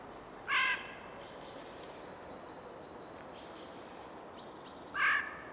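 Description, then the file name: Eurasian jay: two short, hoarse screeches from a Eurasian jay, about four and a half seconds apart, while faint high thin notes from other birds sound between them. "Garrulus glandarius"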